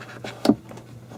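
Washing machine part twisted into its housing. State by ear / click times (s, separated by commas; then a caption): seated / 0.5 s. While reassembling a Fisher and Paykel washing machine after a screeching-noise repair, a part is twisted into its plastic housing until it locks in place. A faint knock at the start is followed by a sharp, loud click at 0.5 s as the part locks in, then a softer tap around 0.7 s. The part is seated and locked.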